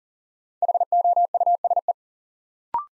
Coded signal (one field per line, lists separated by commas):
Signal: Morse code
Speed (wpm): 40 wpm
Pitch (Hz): 700 Hz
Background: none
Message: HOUSE